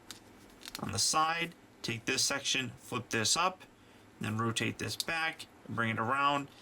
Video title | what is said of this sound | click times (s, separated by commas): Video Review of the Transformers Prime Cyberverse: Energon Driller with Knock out | Those are going to lock into place | 0.1 s